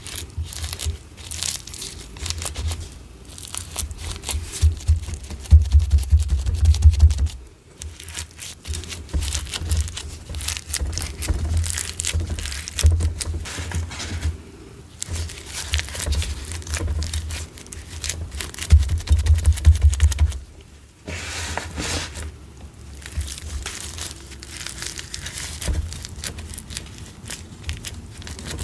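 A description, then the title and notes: Dyed gym chalk being shaved, a dense run of dry scraping and crumbly crunching with a steady low rumble beneath. The strokes come in continuous bursts, with brief pauses near 7, 15 and 21 seconds before resuming. Satisfying dyed gym chalk shaving.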